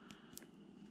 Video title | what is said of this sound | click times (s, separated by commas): Size Matters, How to make your own Servo Extensions and test them | The little tab goes up to lock. You'll feel a little click. | 0.4 s